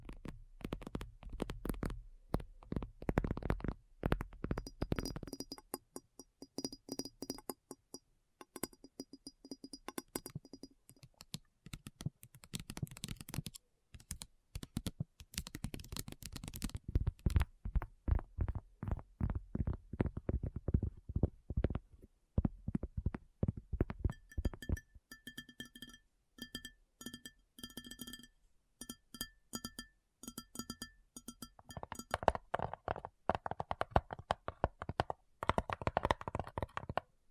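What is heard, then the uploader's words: Rapid, dense tapping runs throughout in quick irregular bursts, with a faint steady high tone appearing around 5–12 and 25–32 seconds. ASMR Addictive Tapping. (No Talking).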